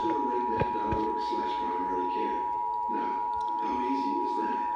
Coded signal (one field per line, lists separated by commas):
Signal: Emergency Alert System (SAME) tones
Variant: 853 and 960 Hz attention tone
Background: speech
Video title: EAS #49 Required Monthly Test